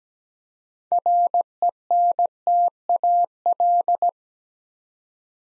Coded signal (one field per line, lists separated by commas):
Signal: Morse code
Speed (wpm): 17 wpm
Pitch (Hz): 700 Hz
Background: none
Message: RENTAL